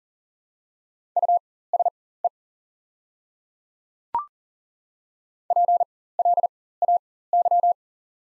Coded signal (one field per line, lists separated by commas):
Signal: Morse code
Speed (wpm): 40 wpm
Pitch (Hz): 700 Hz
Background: none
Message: USE PLAY